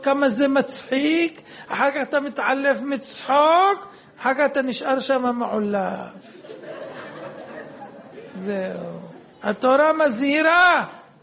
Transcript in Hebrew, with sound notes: כמה זה מצחיק, אח"כ אתה מתעלף מצחוק, אח"כ אתה נשאר שמה מעולף.... (הקהל צוחק...) זהו, התורה מזהירה!